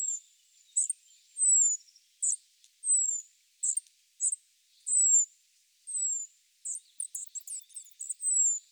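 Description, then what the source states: Spotted flycatcher giving thin, very high descending 'tzee' calls, spaced irregularly with short sharp chips, busier bursts of notes near the end. Recorded in Sardinia.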